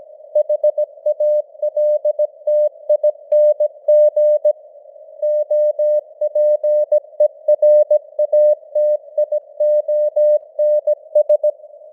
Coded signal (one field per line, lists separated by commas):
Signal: Morse code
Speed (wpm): 17 wpm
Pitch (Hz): 600 Hz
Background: none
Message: HALTING OPERATIONS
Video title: Morse Code News | 2025-10-09 | 17wpm